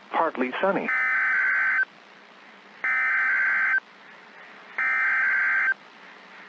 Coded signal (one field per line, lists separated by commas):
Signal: Emergency Alert System (SAME) tones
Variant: header bursts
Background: speech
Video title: EAS Mini-Compilation 2022 Illinois/Kentucky Statewide Tornado Drills NOAA Weather Radio